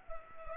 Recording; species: mosquito wingbeat signal from an infrared sensor; Culex pipiens